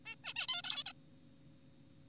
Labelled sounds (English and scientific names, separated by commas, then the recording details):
Zebra Finch (Taeniopygia guttata)
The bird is an adult
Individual g4p5U